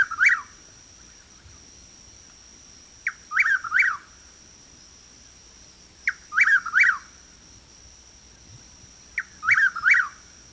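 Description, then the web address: Chuck-will's-widow song: a short soft note, then a rolling three-part whistled phrase, repeated about every three seconds over a steady high tone. "101 Bird Songs. Chuck Will's Widow"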